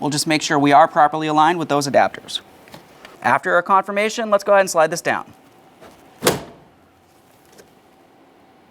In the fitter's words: Listen for an audible click from each side and gently lift up, confirming it's properly locked in.